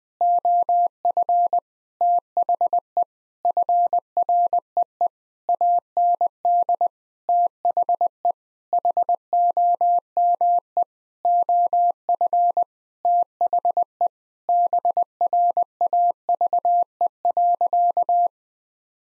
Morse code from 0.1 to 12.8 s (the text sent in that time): OF THE FREE AND THE HOME OF